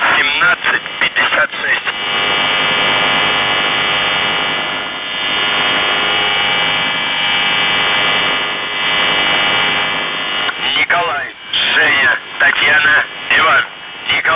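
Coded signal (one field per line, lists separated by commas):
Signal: numbers station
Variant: UVB-76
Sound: continuous harmonic buzzing drone for ten seconds, then a voice speaking over radio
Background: radio static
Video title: The Buzzer/UVB-76(4625Khz) January 28th, 2023 08:02UTC Voice message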